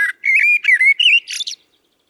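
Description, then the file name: Common blackbird song: one brief, loud, fluty warble of connected whistled notes, closing with a scratchy high flourish. "Turdus merula"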